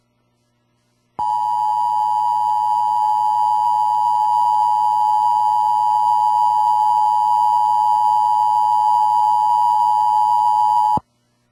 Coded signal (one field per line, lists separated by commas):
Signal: Emergency Alert System (SAME) tones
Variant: 853 and 960 Hz attention tone